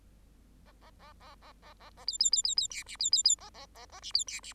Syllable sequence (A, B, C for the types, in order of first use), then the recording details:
A A A A A A A A B B B B B C D B B B A A A A D B C D. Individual Bird8